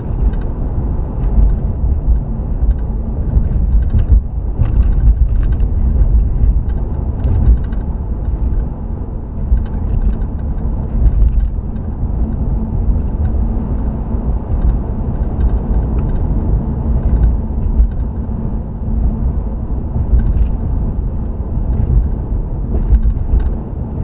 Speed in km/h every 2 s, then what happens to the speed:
58, 58, 60, 63, 63, 63, 64, 64, 63, 63, 61, 61.
0-24 steady at about 63.